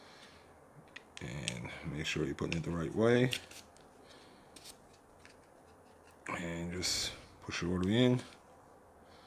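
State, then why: Not seated. A polymer backstrap is handled and pushed onto the polymer grip module of a Beretta APX Centurion pistol during a grip change, with soft handling sounds while someone talks. The clip ends before the backstrap snaps home; nothing has seated or clicked yet.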